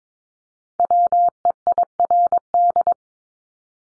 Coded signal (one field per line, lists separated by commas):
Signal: Morse code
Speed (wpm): 22 wpm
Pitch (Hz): 700 Hz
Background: none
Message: WEIRD